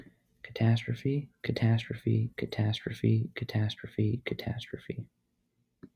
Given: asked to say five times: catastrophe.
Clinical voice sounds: repeated word; male; 20 to 29 years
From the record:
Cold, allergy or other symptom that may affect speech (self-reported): no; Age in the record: 27 years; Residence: District of Columbia, United States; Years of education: 16

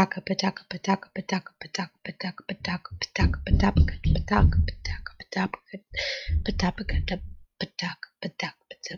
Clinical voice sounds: repeated syllables /pa ta ka/; female; 30 to 39 years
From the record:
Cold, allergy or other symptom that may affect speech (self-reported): no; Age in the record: 31 years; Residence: Pennsylvania, United States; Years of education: 12

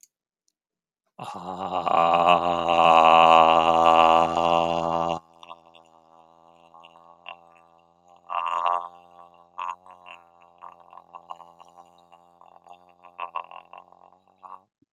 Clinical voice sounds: vowel held as long as possible; male; 40 to 49 years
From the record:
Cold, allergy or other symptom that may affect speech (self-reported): no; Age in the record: 48 years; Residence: Oregon, United States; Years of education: 14

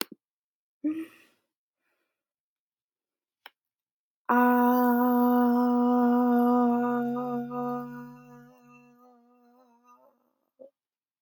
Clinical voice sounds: vowel held as long as possible; female; 20 to 29 years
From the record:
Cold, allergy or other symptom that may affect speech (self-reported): no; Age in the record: 25 years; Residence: California, United States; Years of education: 16

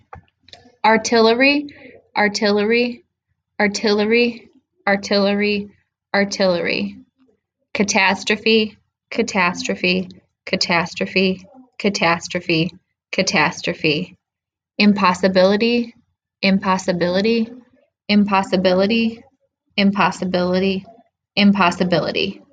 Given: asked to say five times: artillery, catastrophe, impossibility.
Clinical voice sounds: three words, each repeated; female; 20 to 29 years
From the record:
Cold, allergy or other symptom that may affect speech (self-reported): no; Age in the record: 25 years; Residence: Indiana, United States

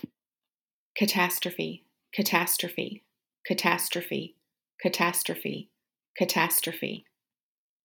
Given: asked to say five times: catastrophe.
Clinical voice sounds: repeated word; female; 40 to 49 years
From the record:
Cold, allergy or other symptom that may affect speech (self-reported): no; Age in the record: 41 years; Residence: Wisconsin, United States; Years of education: 17

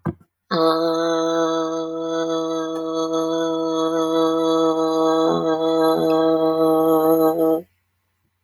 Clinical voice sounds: vowel held as long as possible; female; 50 to 59 years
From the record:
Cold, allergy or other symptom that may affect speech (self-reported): no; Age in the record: 50 years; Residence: Oklahoma, United States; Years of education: 18

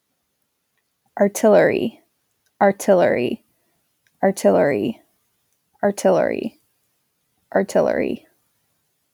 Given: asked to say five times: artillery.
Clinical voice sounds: repeated word; female; 20 to 29 years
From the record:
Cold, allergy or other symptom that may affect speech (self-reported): no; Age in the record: 27 years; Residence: Michigan, United States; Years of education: 16

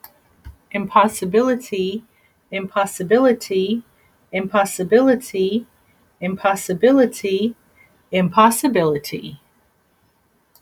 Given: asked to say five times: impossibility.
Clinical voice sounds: repeated word; female; 40 to 49 years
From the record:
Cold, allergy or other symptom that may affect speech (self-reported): no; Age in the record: 46 years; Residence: California, United States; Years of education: 13

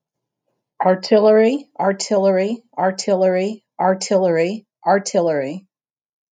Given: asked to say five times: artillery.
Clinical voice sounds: repeated word; female; 60 to 69 years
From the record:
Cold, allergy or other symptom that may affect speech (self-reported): no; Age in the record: 66 years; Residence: Pennsylvania, United States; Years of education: 19

